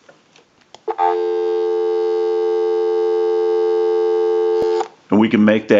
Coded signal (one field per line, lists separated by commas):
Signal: telephone call progress tone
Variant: North America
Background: speech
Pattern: dial tone